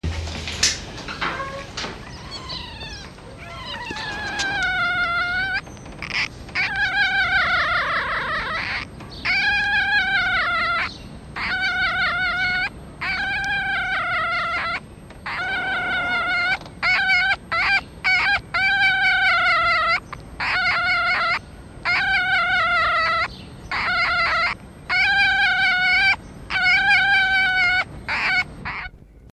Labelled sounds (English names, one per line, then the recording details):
Red Fox
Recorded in captivity
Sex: female
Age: juvenile
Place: Zoologisches Institut der HUB, Berlin, DE
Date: 1956-05-06 11:30
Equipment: Elmetra
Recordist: Tembrock, Günter
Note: Molly-Welpen; Weibchen: Quärren, Tremolo